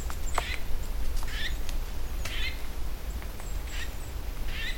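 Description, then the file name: Eurasian nuthatch repeating short, harsh, nasal call notes roughly every second, around five in total, mixed with faint ticking clicks. "Sitta europaea"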